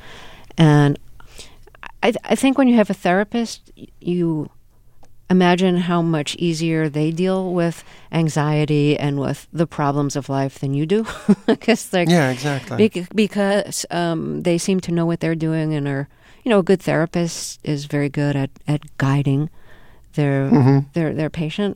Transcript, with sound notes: And I think when you have a therapist, you imagine how much easier they deal with anxiety and with the problems of life than you do.
(LAUGHTER)
Just like...
Yeah. Exactly.
...because they seem to know what they're doing and they're, you know, a good therapist is very good at guiding their patient.